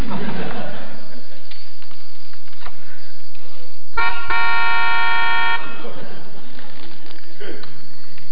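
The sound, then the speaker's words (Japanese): A melodica (keyboard harmonica) mimics a car horn with one loud, sustained reedy chord lasting over a second, cut off abruptly, with murmuring voices and background bustle before and after it. “車のクラクション。”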